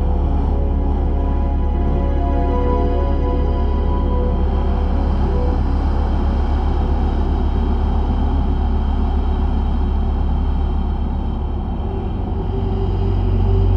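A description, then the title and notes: Wind hisses between the walls in a steady, dense rush, over a heavy low rumble that never lets up. Several sustained droning tones hang through it, like engine hum. Around the eleventh second the rumble shifts and dips slightly before swelling again at the end. Eerie Hissing Wind Between the Walls.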